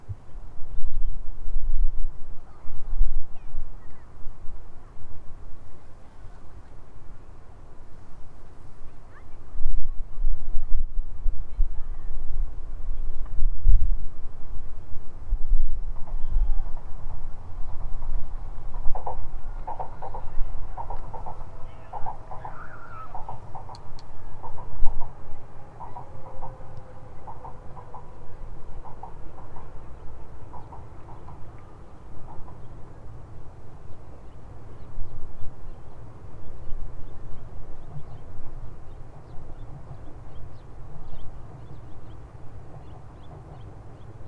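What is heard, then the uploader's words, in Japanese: Outdoor riverbank ambience with a steady low rumble running throughout. From about 17 to 33 seconds a train passes, its wheels giving off a series of thin, wavering squeals that swell and fade. Faint chirps and voices come and go. 土手にたたずむと聞こえてくる、自転車や子どもたちの遊び声、線路を走る電車や鳥のさえずり。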